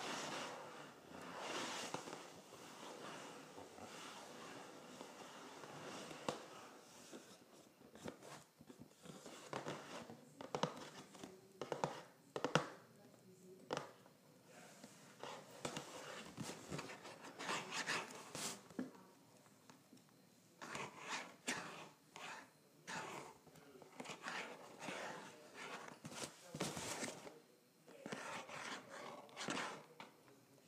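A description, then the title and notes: Fingers scratch and tap on a cardboard box in dense, uneven bursts of dry rasping and rubbing. Sharper knocks stand out around 10–13 and 26–27 seconds, with brief near-quiet gaps between flurries. Nothing else is heard in the background. ASMR Scratching and Tapping a Cardboard Box.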